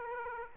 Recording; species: mosquito wingbeat signal from an infrared sensor; Aedes aegypti